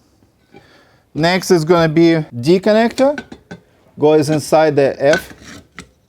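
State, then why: Seated. Someone talks while pushing the D connector into the F aluminium frame pole of a SoundProof-er SPB63 vocal booth. A short, sharp click sounds at 5.8 seconds as the connector's spring button seats in the pole.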